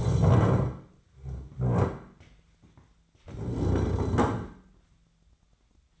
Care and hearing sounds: daily activity, microphone in the room; stand up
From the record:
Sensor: 3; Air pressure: 1007.9 hPa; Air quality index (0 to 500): 191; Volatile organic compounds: 14 ppm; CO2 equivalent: 2449 ppm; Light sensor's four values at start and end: 12/29/12/12 and 12/29/12/12

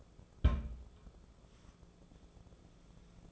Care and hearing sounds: daily activity, microphone in the room; place on stove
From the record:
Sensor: 5

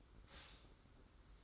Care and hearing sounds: daily activity, microphone in the room; stop toaster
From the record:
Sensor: 3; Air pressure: 991.6 hPa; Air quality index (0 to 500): 182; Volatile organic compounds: 1000 ppm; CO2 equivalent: 6067 ppm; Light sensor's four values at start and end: 42/118/48/42 and 42/118/48/42

